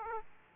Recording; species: mosquito wingbeat signal from an infrared sensor; Aedes aegypti